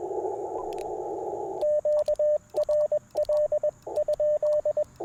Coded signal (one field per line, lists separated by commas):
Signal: Morse code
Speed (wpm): 21 wpm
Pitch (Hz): 600 Hz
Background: radio noise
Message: QRL ?